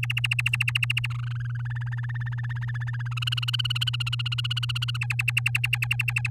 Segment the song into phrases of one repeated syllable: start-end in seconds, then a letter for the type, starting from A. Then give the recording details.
0.03-1.07 A, 1.10-1.67 B, 1.70-3.14 C, 3.17-4.97 D, 5.01-6.29 E. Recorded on 9 May 2018 at 05:58. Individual llb16